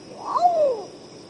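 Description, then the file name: Long-tailed potoo calling once, a wailing whistle that climbs briefly before sliding down and trailing away, with constant faint insect noise. "canto do urutau pardo"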